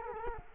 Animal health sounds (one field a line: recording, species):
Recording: mosquito wingbeat signal from an infrared sensor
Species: Culex quinquefasciatus